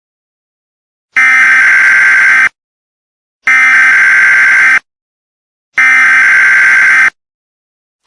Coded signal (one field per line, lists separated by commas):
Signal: Emergency Alert System (SAME) tones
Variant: header bursts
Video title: THE CREATURE EAS SCENARIO REMASTERED FULL SCENARIO